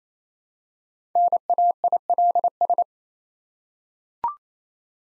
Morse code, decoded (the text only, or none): NAILS